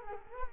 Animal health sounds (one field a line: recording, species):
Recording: mosquito wingbeat signal from an infrared sensor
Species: Culex quinquefasciatus